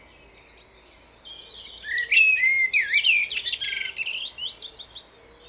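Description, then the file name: Common blackbird sings a single phrase after a quiet start, with clear fluted whistles followed by a tumbling, high scratchy twitter. "Turdus merula"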